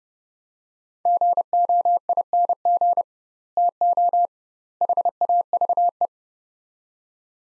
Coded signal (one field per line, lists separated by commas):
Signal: Morse code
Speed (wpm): 32 wpm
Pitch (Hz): 700 Hz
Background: none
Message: GOING TO HAVE